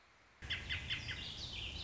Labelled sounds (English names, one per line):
Warbling Vireo